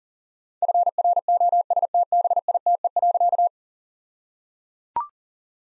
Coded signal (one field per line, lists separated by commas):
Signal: Morse code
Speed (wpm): 37 wpm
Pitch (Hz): 700 Hz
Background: none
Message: FROSTBITE.